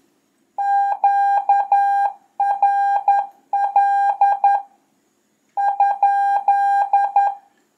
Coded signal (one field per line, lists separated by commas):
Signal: Morse code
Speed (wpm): 11 wpm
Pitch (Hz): 800 Hz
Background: none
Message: QRL ?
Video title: La télégraphie pour les nuls : Les bases d'un QSO, les abréviations, le code Q.